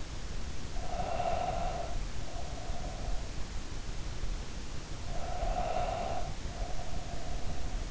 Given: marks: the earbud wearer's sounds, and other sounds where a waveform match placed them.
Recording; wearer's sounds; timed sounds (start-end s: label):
sounds in sleep by an in-ear microphone; breath
0.78-3.55 s: breath
5.01-7.91 s: breath